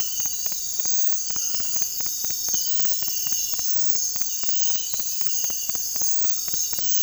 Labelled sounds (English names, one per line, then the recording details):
none
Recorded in dense forest near Puerto Asís, Putumayo, Colombia, on 18 February 2024 at 05:00
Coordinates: 0.484, -76.317
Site G6464